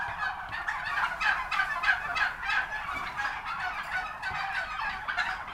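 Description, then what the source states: Turkeys gobbling in a continuous chorus, fast rattling notes repeated roughly three per second from many birds at once. Recorded at a turkey farm.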